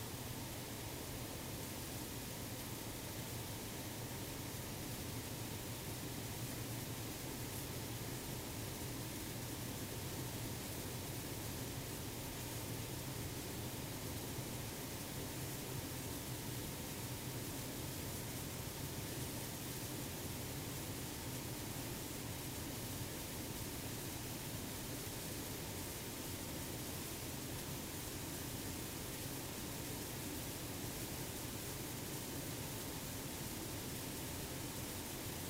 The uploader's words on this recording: ESA ESTEC Test Centre Sounds: CHEOPS space telescope acoustic testing (Mic 8). The majority of ESA spacecraft and satellites are tested at the ESA ESTEC Test Centre in Noordwijk, the Netherlands. This is the sound of ESA's CHEOPS - CHaracterising ExOPlanet Satellite - being tested in the Large European Acoustic Facility (LEAF).